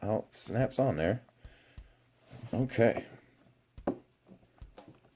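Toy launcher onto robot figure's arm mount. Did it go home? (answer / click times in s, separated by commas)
yes / 3.9 s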